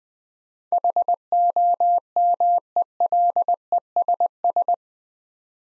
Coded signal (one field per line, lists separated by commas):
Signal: Morse code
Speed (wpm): 20 wpm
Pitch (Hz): 700 Hz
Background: none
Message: HOMELESS